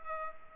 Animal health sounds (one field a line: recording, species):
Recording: mosquito wingbeat signal from an infrared sensor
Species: Culex pipiens